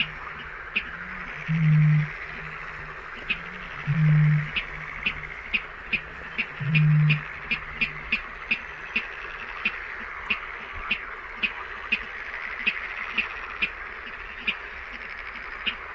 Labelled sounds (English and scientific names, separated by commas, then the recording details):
Water Rail (Rallus aquaticus)
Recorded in the wild
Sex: male
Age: adult
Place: Kützerhof, Kummerower See, Mecklenburg-Vorpommern, DE
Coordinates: 53.8533, 12.8686
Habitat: wetland
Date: 2009-06-16
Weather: heiter, schwacher Wind aus West, ca. 15 °C
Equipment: Sound Devices 702, Sennheiser MKH 70, Popschutz
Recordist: Frommolt, Karl-Heinz